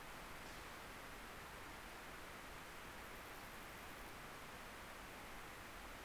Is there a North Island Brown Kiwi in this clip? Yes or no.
no